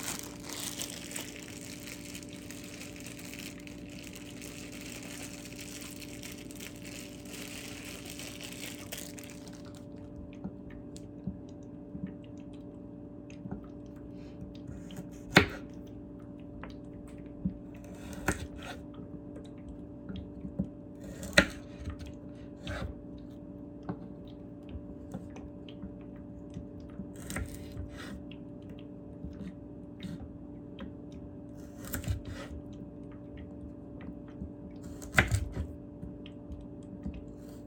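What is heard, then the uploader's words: Carrots are chopped in sparse, sharp knife strikes over a steady low hum, with a hissing rush during the first ten seconds. ASMR Carrot Chopping.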